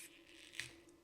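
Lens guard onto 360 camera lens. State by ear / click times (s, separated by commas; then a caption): seated / 0.6 s. A second plastic lens guard is twisted onto the lens of an Insta360 X4 360 camera until it locks in place. A small, sharp click is heard at 0.6 s as the guard seats, followed by a faint tick near 0.9 s. No one talks in this short clip.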